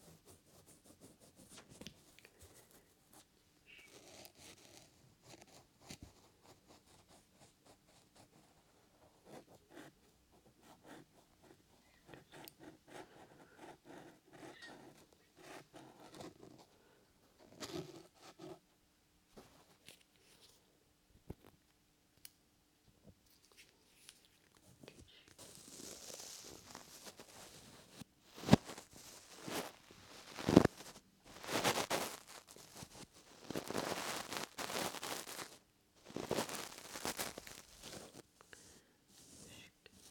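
Ear massage and ear cleaning sounds: for the first twenty-five seconds, soft, sparse rubbing and tapping with quiet gaps. After about 25 seconds the handling grows louder and denser, with bright scratchy rustles and brushing swipes, peaking around 30 and 35 seconds.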